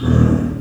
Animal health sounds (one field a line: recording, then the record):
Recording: squeal of a Yucatan mini pig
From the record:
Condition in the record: after surgery on the right vocal fold (resection and tissue-engineered implant)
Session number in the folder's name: 11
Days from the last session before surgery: 98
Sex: female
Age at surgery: 19 weeks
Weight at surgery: 25 kg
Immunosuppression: prednisolone